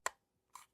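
The pop-out watch charging tray of an Anker 3-in-1 Cube charger is pulled fully out and clicks into its extended detent position at 0.1 s, followed by a fainter click around 0.6 s. The tray had not been fully out before, which is why the Apple Watch on it was not charging; it is now seated in the extended position.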